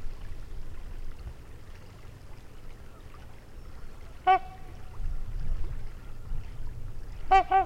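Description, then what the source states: Trumpeter swan giving brassy, resonant honks, one near the middle and a quick double near the end, against a constant low background rumble. Trumpeting near a lake in Wisconsin, 2019.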